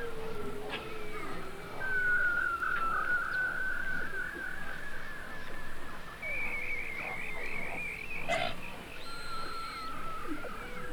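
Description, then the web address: Beluga whale whistles: a wavering mid-pitched whistle, then a higher trilled, warbling whistle, with a brief click burst and faint tones over hiss. Several belugas recorded in the Arctic. "Avant Garde Project Whale Arctic Belugas"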